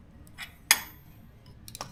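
A metal retaining ring is tapped down into the hub groove of a Barnett clutch on a Sportster motorcycle, with one sharp, loud metallic tap at 0.7 s that rings out briefly. Faint clicks follow at 1.7, 1.8 and 1.8 s as the ring moves partway down, but it is not yet fully seated.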